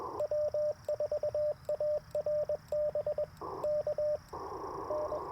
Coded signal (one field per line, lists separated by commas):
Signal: Morse code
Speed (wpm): 21 wpm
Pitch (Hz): 600 Hz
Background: radio noise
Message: W4ARB KN